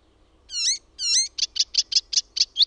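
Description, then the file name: Icterine warbler song: two harmonic-rich notes, then a rapid series of short, bright repeated notes. "KULTARINTA"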